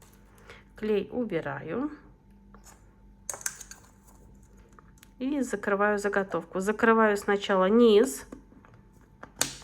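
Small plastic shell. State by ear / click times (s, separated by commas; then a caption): seated / 9.4 s. While decorating a spinning-top ornament, the bottom half of a plastic craft blank is closed onto the body as someone talks, with a few light taps early on and a brief cluster of sharp ticks near 3.3 s. After the talking, the halves snap shut with a sharp click at 9.4 s, seating the blank closed.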